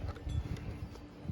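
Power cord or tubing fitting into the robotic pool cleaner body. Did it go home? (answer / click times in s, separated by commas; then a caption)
no / none. A power cord or tubing fitting is handled against the plastic body of an Aqua Evo 502 robotic pool cleaner, ready to be snapped in place with no screwing needed. Soft rustling, low handling bumps and a faint brief tap near 0.2 s are heard. Nothing has seated or clicked yet.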